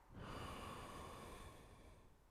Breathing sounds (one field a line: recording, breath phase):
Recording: one breath near a microphone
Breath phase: exhalation